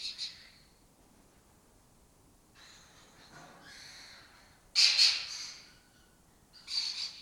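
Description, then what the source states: Lesser kestrel calls: a short rasp, a quiet stretch of soft chatter, then a loud harsh burst and a final grating call. Breeding colony in an abandoned building in Doñana, southern Europe; migratory raptor that spends its foraging time in West Africa.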